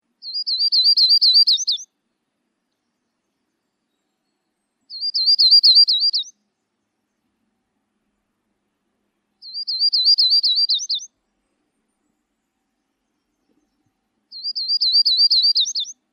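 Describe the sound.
Bird song: a short high, rapid trilled phrase of zigzag notes, about one and a half seconds long, repeated roughly every four to five seconds against silence.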